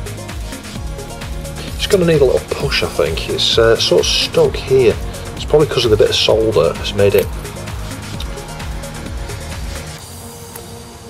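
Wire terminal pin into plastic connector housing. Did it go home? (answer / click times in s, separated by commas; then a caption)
yes / 10.6 s. A soldered wire pin is pushed into a plastic connector housing with its notch facing up, sticking at first, probably on a bit of solder, while someone talks over background music. After a little push it clicks home at 10.6 s, and the pin is seated in the housing.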